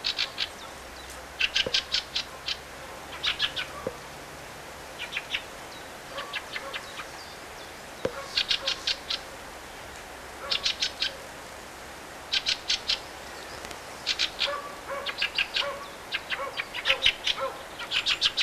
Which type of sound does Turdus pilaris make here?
call